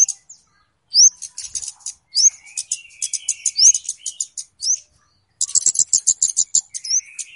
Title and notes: Kicau Burung Kemade ( Cabe Cabean) Jernih. Suara Burung Cabe Cabean Pikat